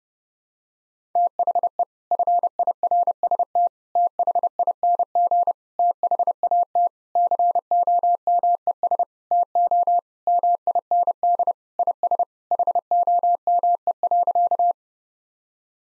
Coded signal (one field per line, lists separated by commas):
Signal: Morse code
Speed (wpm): 32 wpm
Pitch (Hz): 700 Hz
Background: none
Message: THE FIRST THING THAT COMES TO MIND IS HOME.